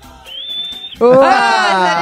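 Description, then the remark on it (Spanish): A woman whistles one steady, high-pitched note for under a second as a stage performance, rising slightly at the start, then a loud voice abruptly cuts in with a drawn-out exclamation. “¡Qué buena esa presentación de … chiflando!”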